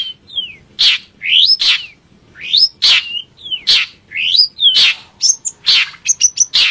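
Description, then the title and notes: Long-tailed shrike song of rising and falling whistled slurs, each paired with a loud harsh rasp, repeated in quick succession with a few brief chirps near the end. "Kicau Burung Cendet"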